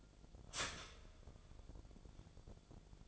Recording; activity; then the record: daily activity, microphone in the room; start toaster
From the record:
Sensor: 5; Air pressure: 1000.3 hPa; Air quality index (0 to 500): 133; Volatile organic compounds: 2 ppm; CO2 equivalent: 1051 ppm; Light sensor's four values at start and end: 66/155/65/68 and 66/156/65/68